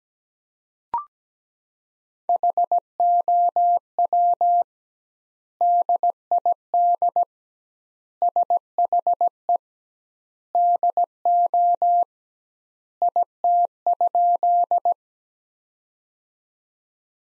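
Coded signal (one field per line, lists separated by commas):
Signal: Morse code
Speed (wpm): 17 wpm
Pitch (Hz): 700 Hz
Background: none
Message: HOW DID SHE DO IT?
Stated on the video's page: Morse practice at 17 wpm of sentences from the top 100 words with twice standard word spacing, a Farnsworth-like method for head-copying.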